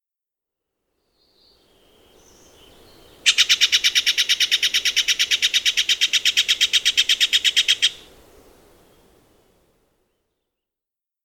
Steller's Jay call recorded in Hollowell Park in Rocky Mountain National Park. Note that a Ruby-crowned Kinglet can also be heard in the recording.